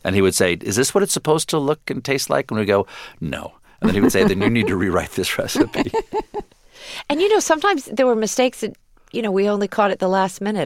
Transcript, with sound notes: And he would say, is this what it's supposed to look and taste like? And we'd go, no. And then he would say, then you need to rewrite this recipe.
(Laughter).
And, you know, sometimes there were mistakes that, you know, we only caught at the last minute.